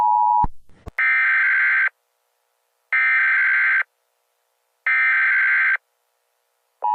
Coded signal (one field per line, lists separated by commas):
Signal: Emergency Alert System (SAME) tones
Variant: header bursts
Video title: Foxy Rates EAS Alarms Part 9: The Return :)